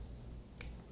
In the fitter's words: all right so there's a couple clicks there's another one there's another one